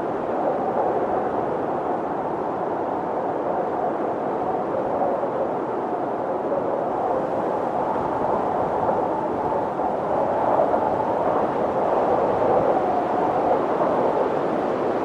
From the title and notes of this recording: Autumn Wind Storm. The howling of the wind as it rushes through the trees. This episode features only natural soundscapes with no dialogue or voice.